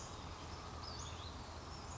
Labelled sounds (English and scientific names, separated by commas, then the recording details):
Western Flycatcher (Empidonax difficilis)
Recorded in Sonoma County, California